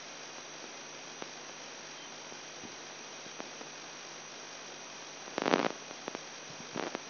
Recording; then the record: brain microelectrode recording played as sound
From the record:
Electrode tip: outside the subthalamic nucleus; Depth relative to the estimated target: -8 mm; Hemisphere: right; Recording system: AlphaMap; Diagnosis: Parkinson's disease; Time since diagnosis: 10 years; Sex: male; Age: 58 years